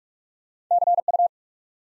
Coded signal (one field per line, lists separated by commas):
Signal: Morse code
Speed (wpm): 44 wpm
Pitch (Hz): 700 Hz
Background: none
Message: C U